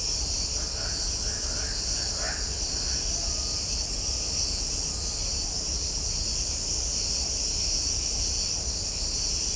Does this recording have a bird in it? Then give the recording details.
no. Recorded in shrubland near Pivijay, Magdalena, Colombia, on 4 June 2023 at 02:00. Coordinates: 10.453, -74.365. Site P5-G022